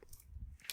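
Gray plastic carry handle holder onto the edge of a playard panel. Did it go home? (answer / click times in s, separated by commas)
yes / 0.7 s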